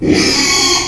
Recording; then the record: squeal of a Yucatan mini pig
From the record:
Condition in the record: after surgery on the right vocal fold (resection and tissue-engineered implant); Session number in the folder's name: 2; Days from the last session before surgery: 13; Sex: male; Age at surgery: 12 weeks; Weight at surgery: 13 kg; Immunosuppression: cyclosporine, prednisolone